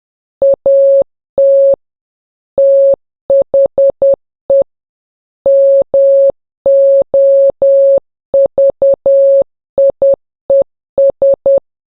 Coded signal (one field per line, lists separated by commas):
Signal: Morse code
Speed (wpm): 10 wpm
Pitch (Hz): 550 Hz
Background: none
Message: AT THE MOVIES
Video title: Morse Practice #2 | Daily Morse